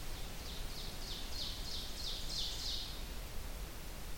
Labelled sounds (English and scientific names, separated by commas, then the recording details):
Ovenbird (Seiurus aurocapilla) song
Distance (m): 35 m
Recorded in boreal forest in Alberta, Canada, on 30 June 2016 at 08:27
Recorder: SongMeter 3, array SBT-6-79
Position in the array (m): 185 m, 31 m
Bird 39